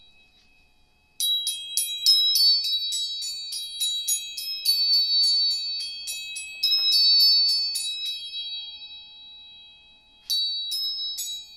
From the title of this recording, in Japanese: 音叉チューニング